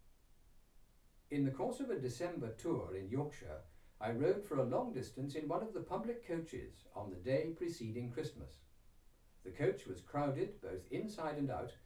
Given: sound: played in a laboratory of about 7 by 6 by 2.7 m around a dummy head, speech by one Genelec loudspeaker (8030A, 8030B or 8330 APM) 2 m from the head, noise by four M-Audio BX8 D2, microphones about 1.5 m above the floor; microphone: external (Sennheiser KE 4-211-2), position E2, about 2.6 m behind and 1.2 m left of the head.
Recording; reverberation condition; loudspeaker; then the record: male speech in English; low; 60 degrees to the left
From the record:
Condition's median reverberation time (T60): about 310 ms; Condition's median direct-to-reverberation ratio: about 3.5 dB